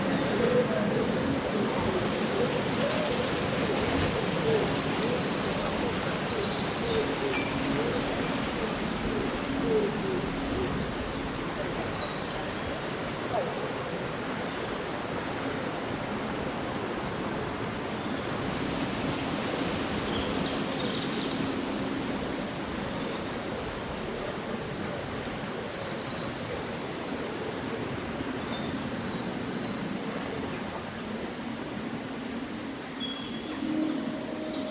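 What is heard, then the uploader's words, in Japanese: Leaves rustle steadily in a summer breeze, a dense even hiss throughout, with brief high bird chirps scattered every few seconds. そよ風の吹く夏の日、ざわめく葉と鳥のさえずり。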